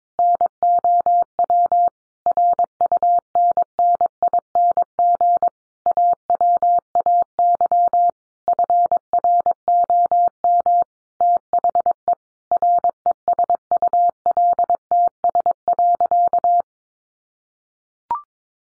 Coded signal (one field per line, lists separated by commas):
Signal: Morse code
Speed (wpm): 22 wpm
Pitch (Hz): 700 Hz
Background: none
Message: NOW RUNNING AWAY FROM THE RESULTS.